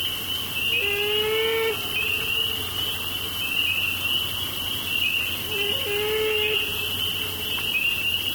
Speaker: And what he caught was the male beaver swimming in circles, looking for its mate and offspring. It's the saddest sound I've ever heard.